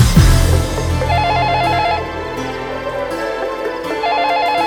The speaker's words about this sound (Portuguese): O telefone toca, pressentimento estranho.